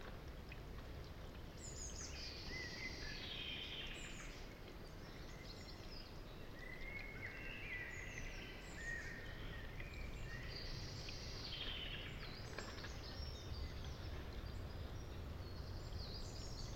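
Wind sweeps across an open landscape as a steady, dense rush that fills the low and middle range for the whole clip. Birdsong rises above it in bright warbling phrases around two to four seconds, eight seconds and eleven to twelve seconds, with scattered thin chirps between.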